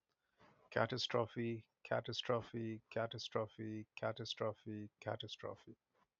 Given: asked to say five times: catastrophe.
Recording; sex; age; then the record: repeated word; male; 40 to 49 years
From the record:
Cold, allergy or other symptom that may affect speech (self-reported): no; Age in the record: 44 years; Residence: Maryland, United States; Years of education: 16